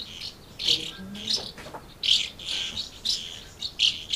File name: MZ-N 710 Hirondelles Amblagnieu 2 07 17